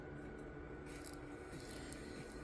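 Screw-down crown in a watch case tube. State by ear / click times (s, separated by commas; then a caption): released / 1.1 s, 1.9 s. A milled screw-down crown on an automatic wristwatch is unscrewed counter-clockwise until it comes off the case tube threads. A soft, steady rubbing and scraping runs throughout, and two short, sharp ticks at 1.1 s and 1.9 s mark the threads disengaging. The crown is released.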